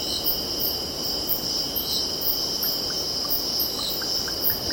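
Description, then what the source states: Cicadas making a continuous shrill drone with regular high pulses, several faint bird chirps in the second half, and a low rushing wash of water. Cicadas stridulating, with birds calling and distant ocean in background.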